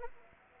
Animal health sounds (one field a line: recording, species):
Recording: mosquito wingbeat signal from an infrared sensor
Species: Anopheles arabiensis